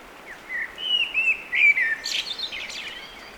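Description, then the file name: Eurasian blackbird singing: relaxed, melodious whistled notes giving way to a jumbled, thin, high chatter at the phrase's end. "Turdus merula"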